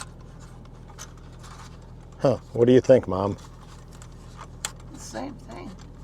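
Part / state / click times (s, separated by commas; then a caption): plastic propeller guard onto a mini drone arm / not seated / none. A plastic propeller guard is being handled and fitted onto the arm of a Mini 4 Pro mini drone while two people talk, with faint scratching and a single sharp tap around 4.7 s. Nothing has seated or clicked yet; the clip ends just before the guard goes home.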